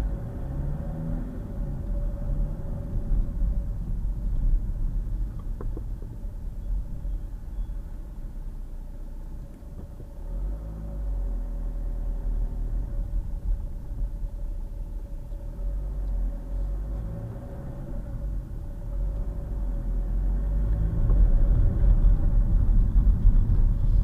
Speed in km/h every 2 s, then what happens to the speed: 21, 18, 10, 2, 0, 10, 8, 11, 16, 23, 29, 29.
0-6 slows to 2. 6-8 standing. 8-10 pulls away to 10. 13-19 speeds up to 29.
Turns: none.